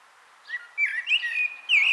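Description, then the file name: Blackbird giving a short, soft warble of slurred whistles that rises into a brighter, wavering note at the end. "Turdus merula"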